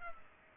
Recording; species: mosquito wingbeat signal from an infrared sensor; Culex pipiens